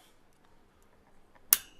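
A CPU cooler fan's second push-pin hook is pushed through its mounting hole in the motherboard. After a quiet lead-in with faint handling noise, it seats with one loud, sharp click at 1.5 seconds.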